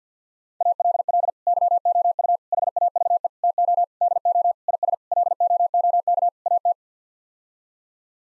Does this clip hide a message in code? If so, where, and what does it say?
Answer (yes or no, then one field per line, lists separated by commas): yes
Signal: Morse code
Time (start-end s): 0.6-6.7 s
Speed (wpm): 50 wpm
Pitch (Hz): 700 Hz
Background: none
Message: ALL YOU HAVE TO DO IS LOOK AT